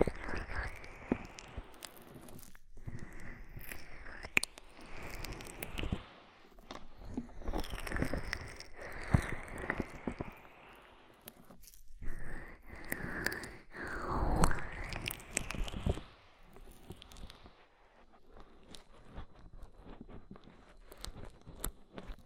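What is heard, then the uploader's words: Slippery, squelching rubs of oil and foam during an ear massage, in busy bursts with short pauses near 2.5, 6 and 12 seconds. Wet crackles and fizzing pops come and go, swelling louder around 8 and 14 seconds before thinning out in the last few seconds. ASMR Oil, Foam and Tingly Ear Massage.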